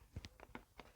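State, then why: Not seated. A plastic air filter cover is handled onto the air box of a Honda GCV engine on a Troy-bilt TB240 lawnmower, over the air filter that was just cleaned with compressed air, with its hinge tabs being fitted into the bottom of the housing. Short plastic taps and knocks are heard, the sharpest near 0.3 s and 0.6 s. Nothing has seated or snapped closed yet.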